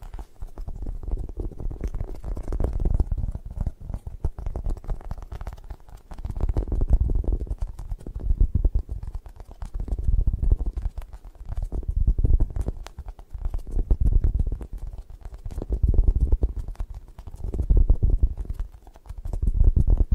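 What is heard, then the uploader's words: Muffled rubbing and scratching with dense soft taps, swelling and fading in slow regular waves every two to three seconds, low and dull. ASMR Hypnotic Triggers for Sleep 3D Eye Massage, Tapping, Scratching (No Talking).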